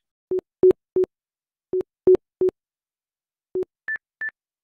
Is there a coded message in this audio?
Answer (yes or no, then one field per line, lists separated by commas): no